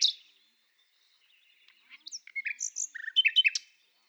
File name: Nachtigall - Luscinia megarhynchos